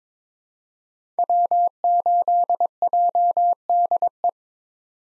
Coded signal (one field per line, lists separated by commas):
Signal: Morse code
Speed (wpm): 22 wpm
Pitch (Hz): 700 Hz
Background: none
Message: W8JDE